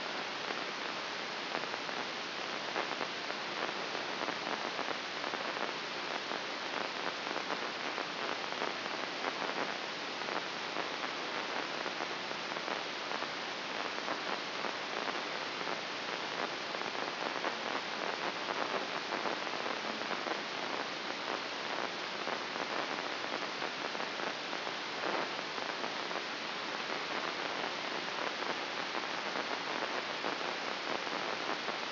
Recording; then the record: brain microelectrode recording played as sound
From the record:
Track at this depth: inside the subthalamic nucleus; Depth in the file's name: 3.228 mm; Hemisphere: left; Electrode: 3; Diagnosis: Parkinson's disease